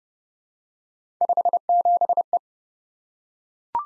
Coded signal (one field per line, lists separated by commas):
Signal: Morse code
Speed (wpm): 30 wpm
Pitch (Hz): 700 Hz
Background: none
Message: 57E